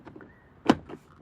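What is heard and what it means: A plastic shift cover trim panel is pressed back into the center console of a 2010 Civic after installing a JVC KW-V240BT radio. Faint handling taps come first, then one sharp, loud snap at 0.7 s as the trim seats in place, followed by a few soft rustles.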